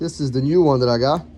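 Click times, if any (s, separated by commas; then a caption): none. A new plastic child lock for a clothes dryer is handled while a man talks, replacing an old one that only moved around loosely. Nothing has clicked or seated yet in this clip.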